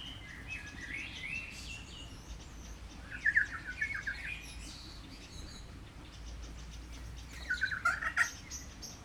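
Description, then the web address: Kea calls, several bursts of harsh, wavering squawks a few seconds apart, set against a quiet background hiss. Captive kea in a zoo in Jászberény, recorded on 24 March 2016. "allathangok jaszberenyizoo 2016. kea"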